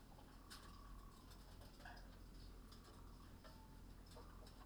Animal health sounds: poultry house recording; sick chickens (respiratory disease)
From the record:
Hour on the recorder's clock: 19

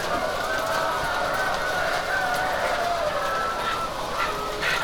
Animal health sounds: poultry house recording; healthy chickens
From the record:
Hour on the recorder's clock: 13

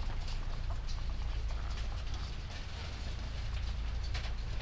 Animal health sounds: poultry house recording; sick chickens (respiratory disease)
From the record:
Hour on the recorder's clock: 20

